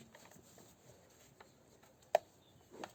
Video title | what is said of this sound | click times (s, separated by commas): How To Replace Opel / Vauxhall Astra K Air Filter B16 2015 Onwards 1.0 1.4 1.6 | then the plastic part of the filter to his housing and push the filter until you hear a click from the plastic this | 2.2 s